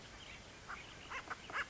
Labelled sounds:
Acorn Woodpecker (Melanerpes formicivorus)
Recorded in Sonoma County, California

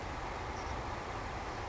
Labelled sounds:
Savannah Sparrow (Passerculus sandwichensis)
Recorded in Sonoma County, California

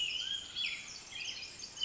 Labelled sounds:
Pacific Wren (Troglodytes pacificus)
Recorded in Sonoma County, California

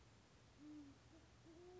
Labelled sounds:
Band-tailed Pigeon (Patagioenas fasciata)
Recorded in Sonoma County, California

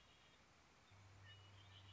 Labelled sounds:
Red-winged Blackbird (Agelaius phoeniceus)
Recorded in Sonoma County, California

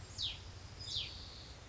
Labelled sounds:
Hutton's Vireo (Vireo huttoni)
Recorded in Sonoma County, California

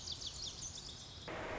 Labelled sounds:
Lazuli Bunting (Passerina amoena)
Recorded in Sonoma County, California

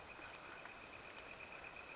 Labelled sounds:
Northern Flicker (Colaptes auratus)
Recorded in Sonoma County, California

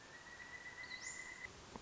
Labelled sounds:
Pileated Woodpecker (Dryocopus pileatus)
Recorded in Sonoma County, California

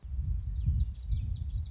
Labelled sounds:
Common Yellowthroat (Geothlypis trichas)
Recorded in Sonoma County, California

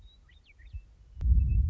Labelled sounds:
Western Meadowlark (Sturnella neglecta)
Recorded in Sonoma County, California

